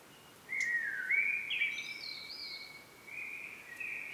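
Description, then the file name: Common blackbird: a smooth whistled phrase gliding down then up, with a thin high twitter above it and a softer note at the end. "Turdus merula"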